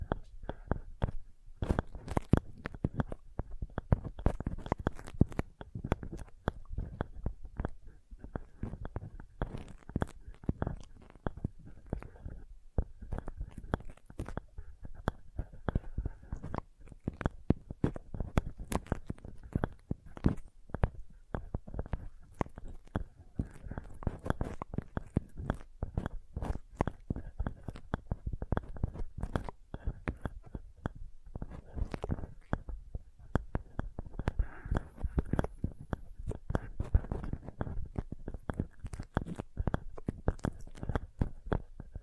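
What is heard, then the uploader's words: Soft, sensitive tapping runs continuously, with quick, irregular taps landing several times a second and no pauses. Each tap is a short dull knock, mostly low and muffled with a little brightness on top, and the density and loudness stay fairly even throughout. Sensitive Tapping.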